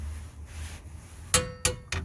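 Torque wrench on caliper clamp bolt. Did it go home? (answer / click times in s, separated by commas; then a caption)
yes / 1.3 s, 1.6 s. A torque wrench tightens the upper brake caliper clamp bolt on the rear hub of a 2005–2012 Vauxhall Opel Zafira B Mk2 during a rear brake disc splash guard replacement. After low background noise, the wrench gives sharp metallic clicks at 1.3 s and 1.7 s as it breaks over, with a third, weaker click at 1.9 s. The bolt is confirmed at its set torque spec.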